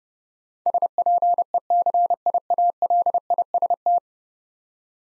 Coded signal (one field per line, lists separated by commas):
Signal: Morse code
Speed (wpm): 30 wpm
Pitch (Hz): 700 Hz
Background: none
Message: SPECIALIST